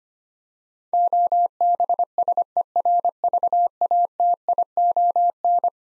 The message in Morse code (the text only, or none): OBSERVATION